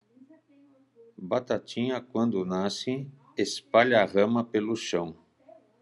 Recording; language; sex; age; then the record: short text; Brazilian Portuguese; male; 60 to 69 years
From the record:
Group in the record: control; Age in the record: 64 years